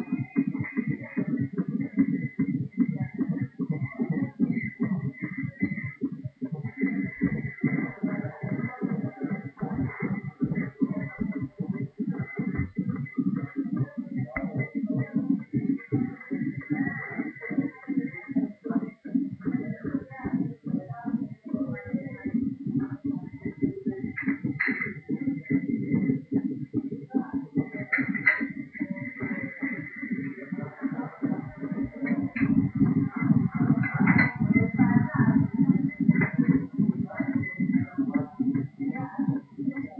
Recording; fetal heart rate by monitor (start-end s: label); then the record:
fetal heart sounds by stethoscope on the mother's abdomen
0.00-10.00 s: 155 bpm
10.00-20.00 s: 157 bpm
20.00-30.00 s: 147 bpm
30.00-40.00 s: 154 bpm
From the record:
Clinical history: abnormal fetal non-stress test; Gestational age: 37 weeks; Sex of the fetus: boy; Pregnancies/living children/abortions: 3/1/1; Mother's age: 33 years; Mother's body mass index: 31.0